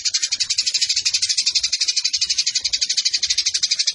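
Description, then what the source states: Eurasian tree sparrow chattering song, a dense unbroken stream of rapid high buzzy pulses, steady and loud throughout. Used for bird song competitions; local song style 'tarung nembak panjang' (fighting, long shooting bursts); clear voice; master recording for training competition birds.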